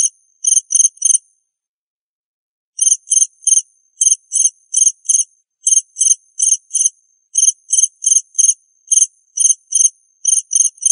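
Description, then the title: Cricket chirping in short, high pulsed bursts, with a long pause near the start and a steady run of chirps afterward. "suara Hujan Guntur Suara Jangkrik Dan Burung"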